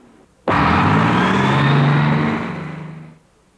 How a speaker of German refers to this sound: Ja, das ist ein Bus. Das ist ein Autobus.